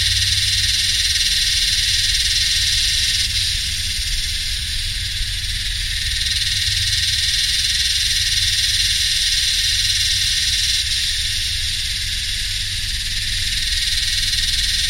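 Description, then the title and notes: Yellowbelly cicada chorus, a steady, intense high buzzing that swells slightly and eases, accompanied by a low rumbling hum of machinery. Several cicadas singing in the heat, subtropical dry sclerophyll forest and heathland, Royal National Park, New South Wales, Australia, summer, 7 December 2015, humming machines audible alongside. "Yellowbelly (Psaltoda harrisii) singing in the heat along with some humming machines in a mixture of subtropical dry scherlophyll forest and heathland. 7th of December, 2015 (Royal National Park, NSW, Australia.)"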